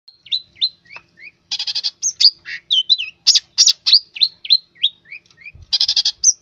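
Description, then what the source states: Long-tailed shrike song, a varied medley of whistled slurs, buzzy bursts and chattering phrases, changing every fraction of a second with no long pauses. Long-tailed shrike song, used to train cage birds.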